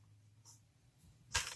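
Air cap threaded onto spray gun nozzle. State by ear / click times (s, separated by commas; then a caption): seated / 1.4 s. An air cap is twisted back onto the threads of a Norvell sunless spray gun (Z3000 / M1000) with care not to cross-thread it, over a low steady hum and faint handling sounds. A soft, sharp click at 1.4 s marks the cap locking into place on its dimples, so it is seated correctly rather than spinning freely.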